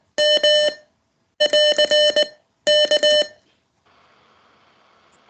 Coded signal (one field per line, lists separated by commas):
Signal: Morse code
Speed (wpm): 19 wpm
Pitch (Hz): 600 Hz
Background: none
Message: M <AR> K